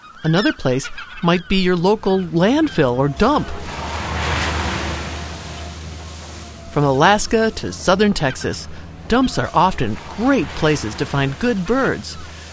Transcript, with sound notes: Another place might be your local landfill or dump. [Garbage truck sounds] From Alaska to southern Texas, dumps are often great places to find good birds.